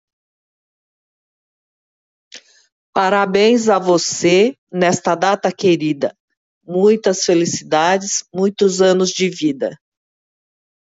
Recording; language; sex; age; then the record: short text; Brazilian Portuguese; female; 60 to 69 years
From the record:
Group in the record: control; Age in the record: 62 years